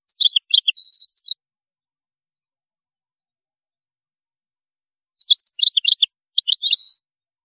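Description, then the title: European goldfinch twittering song, a busy phrase of rapid chirps and a trill, then a long pause before a second jumbled tinkling phrase. "Chant Chardonneret"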